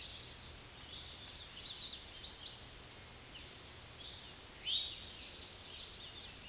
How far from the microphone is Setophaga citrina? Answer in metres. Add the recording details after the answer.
about 60 m. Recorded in a Pennsylvania forest on 18 May 2023 at 12:33. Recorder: AudioMoth, point grid1_12_low. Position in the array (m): 166 m, 171 m